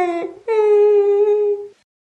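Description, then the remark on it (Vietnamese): A young girl cries in broken sobs: a short catch, a brief pause, then one long, high, wavering wail that slowly falls in pitch before cutting off into silence. “Tiếng khóc của con bé đứt quãng, nước mắt lạnh như băng, khóc lem hết cả khuôn mặt.”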